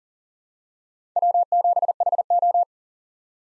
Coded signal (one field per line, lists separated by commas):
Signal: Morse code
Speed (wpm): 40 wpm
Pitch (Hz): 700 Hz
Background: none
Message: W7HO